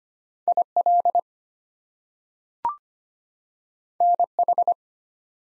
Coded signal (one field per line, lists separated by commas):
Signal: Morse code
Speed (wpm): 25 wpm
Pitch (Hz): 700 Hz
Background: none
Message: IL NH